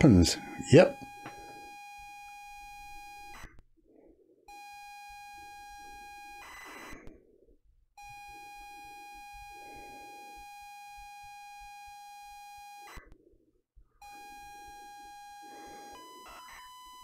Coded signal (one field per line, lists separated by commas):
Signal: ZX Spectrum tape loading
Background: speech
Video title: We Crack The ZX Spectrum 40th Pringles Code Using The MiSTer FPGA. Loading Code From Phone to MiSTer